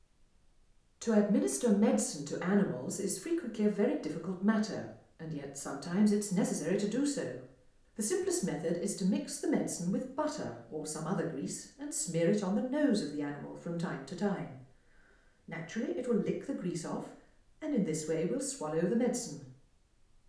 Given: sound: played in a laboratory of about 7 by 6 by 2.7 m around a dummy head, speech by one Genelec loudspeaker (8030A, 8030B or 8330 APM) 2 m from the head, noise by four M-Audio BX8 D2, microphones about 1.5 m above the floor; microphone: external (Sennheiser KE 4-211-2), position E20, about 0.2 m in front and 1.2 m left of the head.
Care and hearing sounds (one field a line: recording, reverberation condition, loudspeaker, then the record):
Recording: female speech in English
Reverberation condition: medium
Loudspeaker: in front (0 degrees)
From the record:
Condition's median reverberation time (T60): about 510 ms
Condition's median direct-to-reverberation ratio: about -0.5 dB